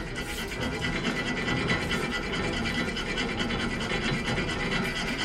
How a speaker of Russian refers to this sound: Уже в туннеле Дэвин пилит решетку.